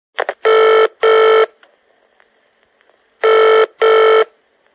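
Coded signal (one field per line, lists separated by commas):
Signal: none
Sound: ringtone beeps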